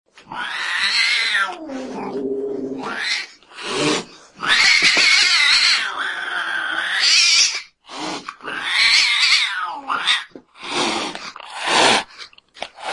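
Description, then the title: Domestic cat meows: long, loud, drawn-out wailing meows, several in a row with brief pauses, rising and falling in pitch. The recorder's own pet cat. "kucingku"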